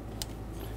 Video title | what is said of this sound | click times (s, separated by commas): How to Replace Camshaft Position Sensor 2010-2014 Subaru Outback (2.5L H4) | install it onto the sensor push until you hear a click | 0.2 s